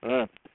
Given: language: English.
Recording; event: throat vibration sensor signal played as sound; speech